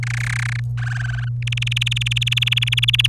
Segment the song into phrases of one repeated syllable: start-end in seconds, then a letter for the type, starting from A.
0.03-0.60 A, 0.78-1.28 B, 1.42-3.07 C